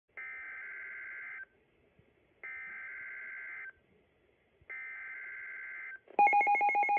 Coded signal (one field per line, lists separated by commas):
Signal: Emergency Alert System (SAME) tones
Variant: header bursts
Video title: PA Required Monthly Test (2/15/18)